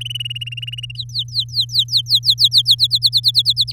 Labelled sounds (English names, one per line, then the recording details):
Domestic Canary song
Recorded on 7 May 2018 at 17:13
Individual llb16